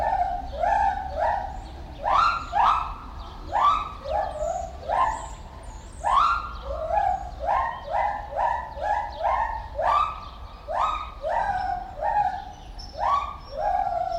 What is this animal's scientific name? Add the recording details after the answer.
Hylobates lar. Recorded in captivity. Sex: female. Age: adult. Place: Zoo Berlin, Berlin, DE. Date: 1994-04-02 10:02. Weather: wolkig bis heiter, 8-10°C. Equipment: Marantz CP 430, Sennheiser ME 80, Kopie Uher Variocord 263. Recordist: Tembrock, Günter. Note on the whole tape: Weibchen: aus unsichtbarer Anlage oben im Affenhaus, nach Stimme identifiziert, Strophen- und Ruffolgen (längere Stücke)